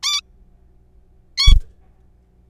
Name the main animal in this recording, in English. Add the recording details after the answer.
Zebra Finch. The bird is a juvenile. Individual R3428